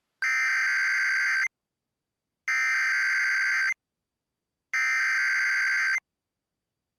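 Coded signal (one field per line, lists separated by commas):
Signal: Emergency Alert System (SAME) tones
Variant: header bursts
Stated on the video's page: Genuine SAME tones for a large tornado warning.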